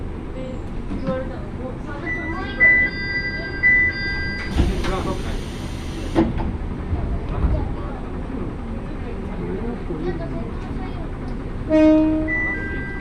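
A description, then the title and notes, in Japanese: Inside a crowded single-car railbus, steady rumbling and chatter continue, with short high beeping tones, a loud noisy burst near five seconds, and louder thumps. 明知鉄道 明智→恵那。１両のレールバスは子供連れや高校生もいるなど一杯で予想外のにぎわいでした。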